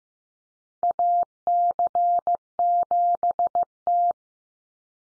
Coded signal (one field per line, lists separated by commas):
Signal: Morse code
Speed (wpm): 15 wpm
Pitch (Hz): 700 Hz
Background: none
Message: AC7T